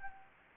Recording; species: mosquito wingbeat signal from an infrared sensor; Anopheles arabiensis